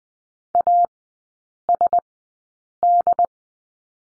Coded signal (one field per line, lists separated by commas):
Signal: Morse code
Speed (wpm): 20 wpm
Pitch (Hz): 700 Hz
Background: none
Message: ASD